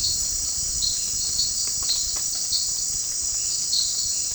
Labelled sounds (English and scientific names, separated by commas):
none